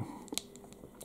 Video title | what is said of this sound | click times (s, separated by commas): Marvel legends Captain Marvel Starforce Exclusive unboxing | we get the little click and | 0.4 s